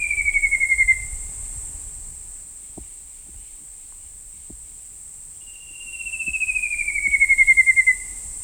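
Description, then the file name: Shining flycatcher calling, a fast run of whistled notes descending slowly in pitch, heard at the start and again later, with a constant high-pitched insect hum behind. Subspecies wardelli. "Myiagra Alecto Wardelli"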